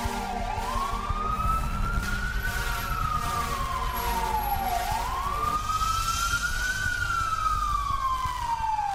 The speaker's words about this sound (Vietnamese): Rồi sau đó là tiếng xe lao vùn vút đưa bà đi cấp cứu.